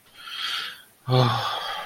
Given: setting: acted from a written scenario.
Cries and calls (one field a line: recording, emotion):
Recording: vocal sound without words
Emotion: relief